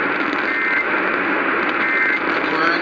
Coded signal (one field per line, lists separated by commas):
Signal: Emergency Alert System (SAME) tones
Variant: end-of-message bursts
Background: speech